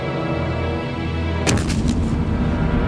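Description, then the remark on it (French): A cannon shell lands on a clothing storeroom and destroys it, exploding with a sudden loud blast after a low steady hum, sharp crackling bursts trailing right behind it, then a dense rumbling roar that keeps going. “Ils ont un canon? Wow! L'obus est tombé sur le vestiaire. Il a tout détruit.”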